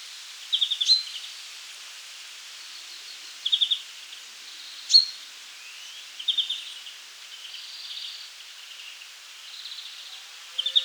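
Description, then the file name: European greenfinch calls as brief, high, buzzy trills separated by pauses of a second or more, with one sharp single note between them. "Chloris chloris"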